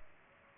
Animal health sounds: mosquito wingbeat signal from an infrared sensor; Culex pipiens

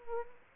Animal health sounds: mosquito wingbeat signal from an infrared sensor; Anopheles arabiensis

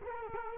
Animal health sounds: mosquito wingbeat signal from an infrared sensor; Culex quinquefasciatus

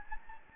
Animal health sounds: mosquito wingbeat signal from an infrared sensor; Anopheles gambiae

